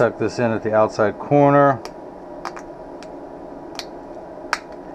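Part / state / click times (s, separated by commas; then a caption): cut lens into plastic sunglass frame rim / seated / 4.5 s. Someone talks briefly, then a freshly cut plastic non-prescription blue-light lens is tucked into the outside corner of a plastic Oakley Frogskin sunglass frame and pushed into the rim groove. After a few faint ticks, a sharp snap at 4.5 s marks the lens seating in the frame.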